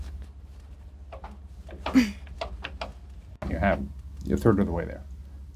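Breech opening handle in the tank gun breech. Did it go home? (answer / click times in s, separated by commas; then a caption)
no / none. A loader pulls the breech opening handle of a tank gun out to extract a round while someone talks, with soft mechanical clunks and scrapes from the handling. The handle is moved partway but has not locked in place yet; nothing has seated or clicked by the end of the clip.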